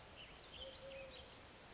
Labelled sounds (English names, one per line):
Eurasian Collared Dove